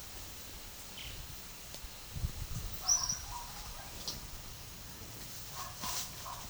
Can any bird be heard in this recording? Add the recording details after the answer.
yes. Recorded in pastures near Puerto Asís, Putumayo, Colombia, on 12 March 2025 at 12:30. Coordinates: 0.497, -76.327. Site G072